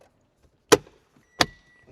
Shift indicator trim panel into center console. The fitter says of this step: Give that a little push. That locks into place.